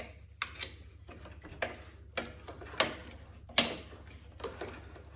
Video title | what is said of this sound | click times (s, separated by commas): TORO 721 R Snowblower Spark Plug Replacement | right snapped into place | 3.6 s